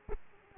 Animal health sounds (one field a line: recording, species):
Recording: mosquito wingbeat signal from an infrared sensor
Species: Aedes aegypti